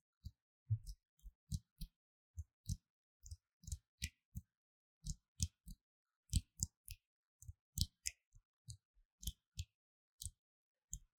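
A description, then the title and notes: Hand sounds: a series of short, sharp pats or claps, each with a dull low thump and a crisp bright tick. They come irregularly, about two per second, some louder than others, across the whole clip with silence between them and no other sounds. 手的聲音 | Hand Sounds | No Talking. The various sounds of this hand.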